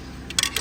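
A screwdriver works the last section of a steel snap ring into the groove of a clutch drum in a burnt 8-speed transmission from a Camaro. A faint tick at 0.3 s leads to a sharp metallic snap at 0.4 s as the ring snaps fully home, followed by a smaller click at 0.6 s. The snap ring is seated.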